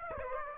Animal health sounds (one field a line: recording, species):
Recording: mosquito wingbeat signal from an infrared sensor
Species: Aedes aegypti